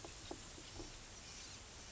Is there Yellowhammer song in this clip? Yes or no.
no